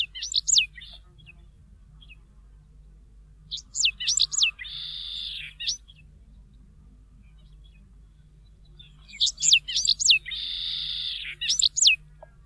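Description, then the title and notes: Correndera pipit song: clusters of sharp, steeply falling high notes around a short buzzy phrase, heard twice with quiet gaps between; low steady hum underneath. "Museo de Ciencias de Bahía Blanca. Cachirla (Anthus correndera)"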